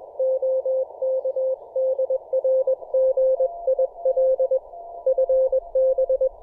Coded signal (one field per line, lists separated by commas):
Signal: Morse code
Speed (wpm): 21 wpm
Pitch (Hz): 520 Hz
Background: none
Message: OK DR GIL FB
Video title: Building a Delta Loop Antenna For The 30m Band, Part 2.